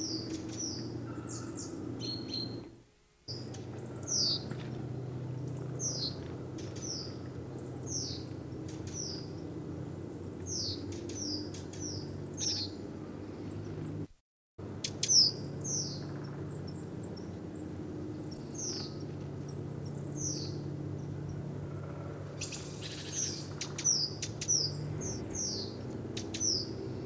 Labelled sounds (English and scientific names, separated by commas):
Great Tit (Parus major) call